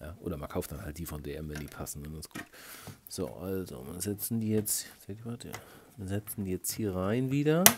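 A man talks while pushing a plastic Carrera Digital slot car back into the holder of a tire cleaning machine, with faint handling noises under his speech. The clip ends before the car latches, so nothing has clicked or seated yet.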